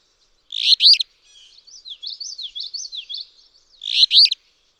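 Alder flycatcher giving two rough, buzzy song phrases, separated by a run of evenly paced, high, wavering notes from another bird.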